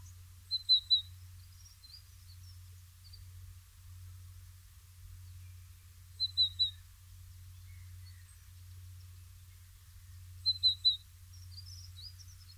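Dunnock giving short, high, thin notes in quick threes, repeated roughly every five seconds, with a few faint chirps and a steady low hum underneath.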